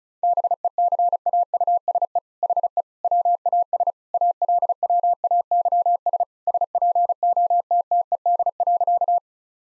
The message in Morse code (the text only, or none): BECAUSE HE WAS ALWAYS SPOTTED.